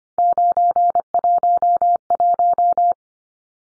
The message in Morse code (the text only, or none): 911